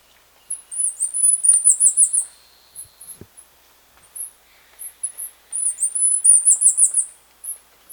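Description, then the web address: Bird delivers two loud, buzzy, rapidly pulsed high trills, each lasting over a second, with short chirps in the gap. "BIRD 2015 SABIOD"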